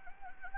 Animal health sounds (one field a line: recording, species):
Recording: mosquito wingbeat signal from an infrared sensor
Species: Anopheles gambiae